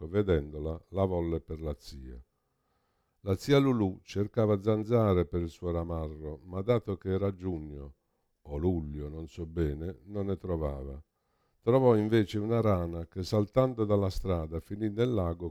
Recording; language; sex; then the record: read passage; Italian; male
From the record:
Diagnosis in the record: Parkinson's disease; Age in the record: 65 years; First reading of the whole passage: 52 s, 9.9 characters per second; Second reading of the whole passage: 50 s, 10.3 characters per second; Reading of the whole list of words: 40 s, 7.0 characters per second